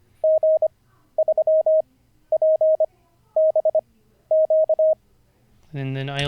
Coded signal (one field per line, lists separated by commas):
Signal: Morse code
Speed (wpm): 25 wpm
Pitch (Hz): 630 Hz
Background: speech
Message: G3PBQ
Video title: N0SSC Learns Morse Code [Day 46]